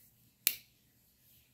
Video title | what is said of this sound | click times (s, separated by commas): THE CANOE THATS A CATTLE KNIFE | nice click right there | 0.5 s